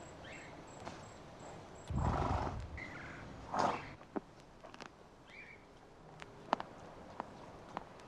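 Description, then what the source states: Horse giving a rough, low burst followed by a shorter, higher whinny, then scattered knocks and clicks against quiet outdoor background. Horse neigh with ambience.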